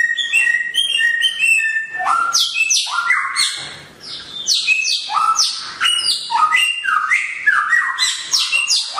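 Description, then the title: Songbird song: an opening of repeated stepped whistles, then loud sweeping whistled and buzzy notes, dipping briefly before continuing strongly. Songbird named Samyong, titled as worth 1 milyar, singing actively and loudly (gacor, volume tembus). "SAMYONG GACOR VOLUME TEMBUS [Burung Kicau"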